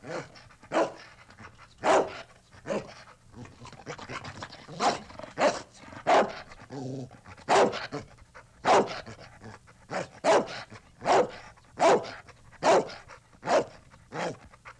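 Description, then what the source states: Dog barking: harsh, forceful barks at irregular intervals, roughly one or two per second. Ferocious barking and growling.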